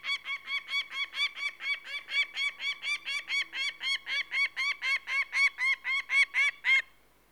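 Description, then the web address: Peregrine falcon repeating rasping, nasal notes at a steady quick pace before falling silent near the end. "BBC Sound Effects Library. Peregrine Falcon"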